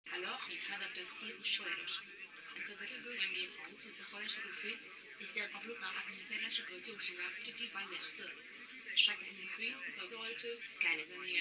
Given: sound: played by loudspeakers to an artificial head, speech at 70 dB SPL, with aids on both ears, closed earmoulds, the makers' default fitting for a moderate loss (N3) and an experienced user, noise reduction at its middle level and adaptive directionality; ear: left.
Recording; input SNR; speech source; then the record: speech test signal (ISTS) in cocktail-party noise; +3 dB; on the right (90 degrees)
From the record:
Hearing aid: class 2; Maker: H